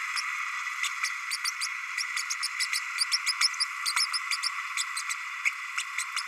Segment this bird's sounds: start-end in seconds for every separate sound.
0.83-0.88, 2.73-2.80, 3.11-3.17, 3.26-3.32, 3.40-3.48, 3.60-3.64, 3.96-4.06, 4.31-4.37, 4.42-4.49, 4.77-4.83, 5.09-5.14, 5.77-5.83, 6.16-6.21